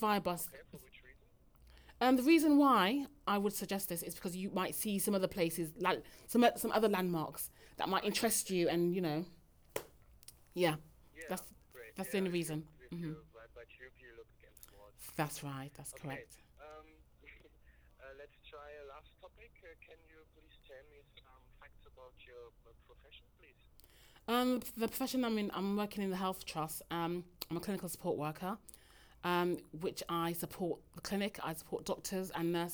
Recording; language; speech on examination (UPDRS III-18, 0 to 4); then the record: conversation on a phone call; English; 0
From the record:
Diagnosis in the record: healthy control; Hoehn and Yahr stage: 0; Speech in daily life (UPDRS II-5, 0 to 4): 0